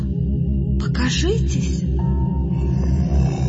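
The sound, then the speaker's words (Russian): A huge, shaggy beast roars in a deep, rumbling growl that pulses steadily for several seconds, loud and continuous, with a rough, throaty texture and a few higher rasping flares near the start. “Я уже знаю, что вы лохматый, огромный и отменно рычите.”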